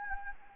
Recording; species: mosquito wingbeat signal from an infrared sensor; Anopheles gambiae